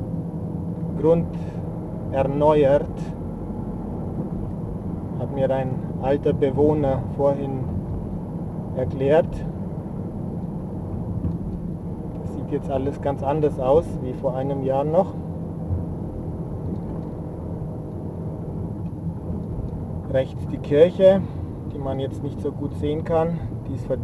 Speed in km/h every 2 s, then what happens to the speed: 38, 41, 41, 41, 40, 38, 38, 35, 34, 32, 31, 27.
0-12 steady at about 40. 12-24 slows to 27.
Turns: none.